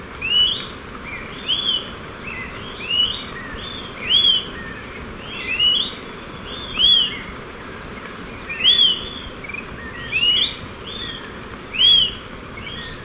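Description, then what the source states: Smoke-colored pewee giving many brief rising whistled call notes, some with faint companion notes, against steady rushing background noise. Subspecies ardosiacus.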